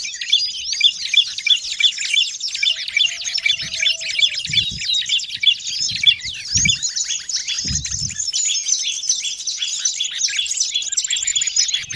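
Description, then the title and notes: Birds in a noisy chorus, rapid high chirps and trills running continuously, with several dull low knocks in the middle. Noisy crowd of birds, used as a lure for bird trapping. "Master Burung Ribut Durasi Panjang. Burung Ribut Pikat"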